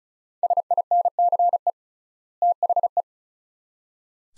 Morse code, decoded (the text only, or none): SINCE THE